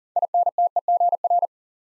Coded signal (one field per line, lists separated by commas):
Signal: Morse code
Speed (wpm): 37 wpm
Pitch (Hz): 700 Hz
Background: none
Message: INTEGR